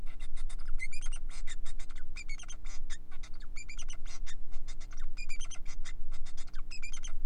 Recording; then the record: song of a male Bengalese finch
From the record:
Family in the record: son of father 4